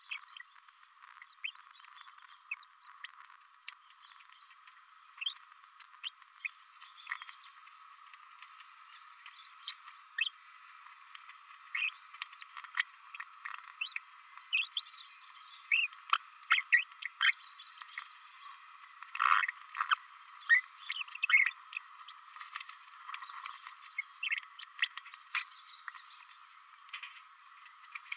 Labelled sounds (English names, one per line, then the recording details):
Green-rumped Parrotlet babbling
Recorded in a nest box in Venezuela
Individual 18B104A3